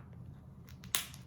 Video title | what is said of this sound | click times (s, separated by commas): Beginning with B3 Bands | that on to hear it click and i like to pump my arms up to 300 | 1.0 s